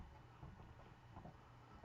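A camera mount piece is handled as it is pushed back toward its holder on a large, heavy tripod, with low rumbling handling noise and faint background sound. Nothing has seated or clicked yet; the clip ends just before the piece goes home.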